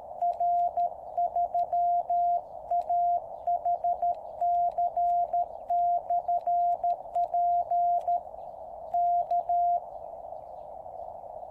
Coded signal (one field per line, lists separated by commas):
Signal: Morse code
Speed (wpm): 13 wpm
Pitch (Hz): 700 Hz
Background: none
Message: R3AHC/P K